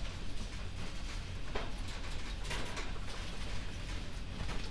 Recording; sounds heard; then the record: poultry house recording; no chicken sound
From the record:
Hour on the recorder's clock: 0